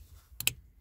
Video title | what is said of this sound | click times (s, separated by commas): SmartDSU [beta?] installation | a nice click because I have pretty tight tolerances on it and then | 0.4 s, 0.5 s